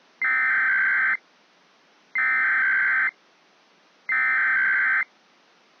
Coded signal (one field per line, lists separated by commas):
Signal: Emergency Alert System (SAME) tones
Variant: header bursts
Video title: [EAS RECREATION COMP] - 35 Minutes worth of Required Monthly Tests